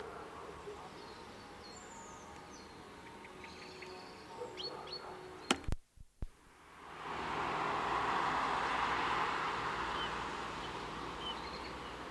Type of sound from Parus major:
call